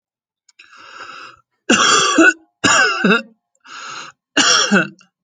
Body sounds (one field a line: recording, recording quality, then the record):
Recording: heavy voluntary cough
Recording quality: excellent, no background noise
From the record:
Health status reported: healthy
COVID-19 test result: not tested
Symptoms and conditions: asthma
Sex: male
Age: 34 years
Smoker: not ticked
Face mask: not worn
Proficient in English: yes